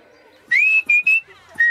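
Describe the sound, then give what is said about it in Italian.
Someone whistles a short, cheerful tune: a bright high note that swoops upward, then a couple of quick steady notes and a final brief one, clear and fairly loud with no talking. “fischietti allegramente”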